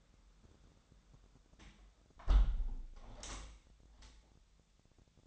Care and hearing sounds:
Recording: daily activity, microphone in the room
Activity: close window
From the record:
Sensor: 3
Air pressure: 1006.4 hPa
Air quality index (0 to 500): 198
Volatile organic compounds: 15 ppm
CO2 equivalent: 2518 ppm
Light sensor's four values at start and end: 11/25/10/10 and 10/24/10/10

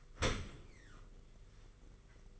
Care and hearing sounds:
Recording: daily activity, microphone in the room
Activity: open dishwasher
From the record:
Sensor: 4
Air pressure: 991.4 hPa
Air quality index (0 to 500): 157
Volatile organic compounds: 123 ppm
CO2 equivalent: 3890 ppm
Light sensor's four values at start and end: 23/75/28/28 and 23/75/28/29

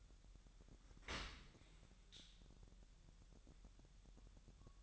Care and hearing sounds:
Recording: daily activity, microphone in the room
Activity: open dishwasher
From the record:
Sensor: 3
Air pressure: 1000.5 hPa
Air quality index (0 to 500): 247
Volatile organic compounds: 170 ppm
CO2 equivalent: 4106 ppm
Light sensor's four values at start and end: 11/25/10/10 and 11/25/10/10

